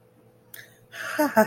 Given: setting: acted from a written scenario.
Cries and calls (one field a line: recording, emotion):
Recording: vocal sound without words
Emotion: amusement